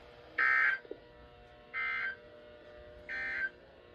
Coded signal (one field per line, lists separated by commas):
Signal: Emergency Alert System (SAME) tones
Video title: Testing and a random WSA (EAS 433-435)